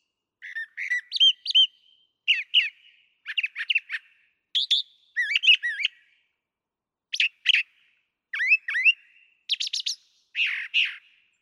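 Brown thrasher delivering a long run of varied whistled and slurred phrases, most in pairs or short repeated clusters, separated by brief pauses.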